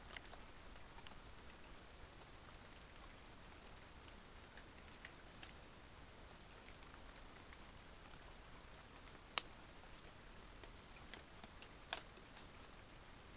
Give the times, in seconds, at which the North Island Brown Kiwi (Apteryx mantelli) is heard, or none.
none